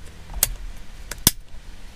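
An airbag electrical connector is pushed into its plastic socket on the steering wheel airbag module, with a sharp click at 0.4 s and a faint tick at 1.1 s before a loud, crisp snap at 1.3 s. The connector snaps into place and is firmly seated, confirmed by tugging it back.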